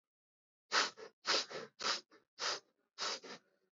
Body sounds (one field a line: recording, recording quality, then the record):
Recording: shallow breathing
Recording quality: excellent, no background noise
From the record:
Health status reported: healthy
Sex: male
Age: 21 years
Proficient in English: yes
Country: India